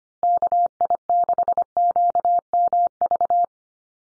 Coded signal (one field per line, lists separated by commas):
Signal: Morse code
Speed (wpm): 25 wpm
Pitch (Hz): 700 Hz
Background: none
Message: KI6QMV